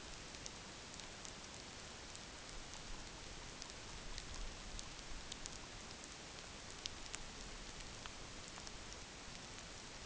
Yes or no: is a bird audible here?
no